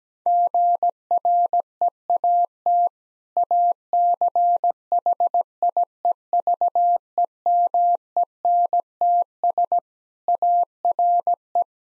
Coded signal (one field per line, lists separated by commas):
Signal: Morse code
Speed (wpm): 17 wpm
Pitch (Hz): 700 Hz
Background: none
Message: GREAT ACHIEVEMENTS ARE